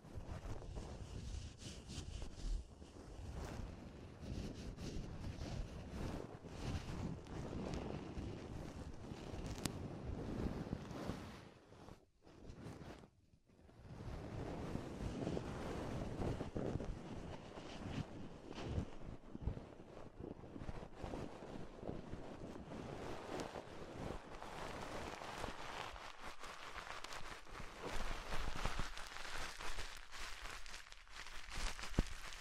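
Ear exploration sounds: a dense, continuous rustling and crackling, full of quick scratchy taps that crowd together with little pause. The texture stays busy and whooshing throughout, broken only by a brief near-silent gap around twelve to thirteen seconds.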